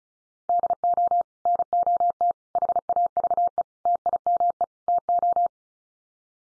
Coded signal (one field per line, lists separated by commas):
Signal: Morse code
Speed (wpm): 34 wpm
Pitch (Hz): 700 Hz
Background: none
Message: DO NOT HAVE TIME TO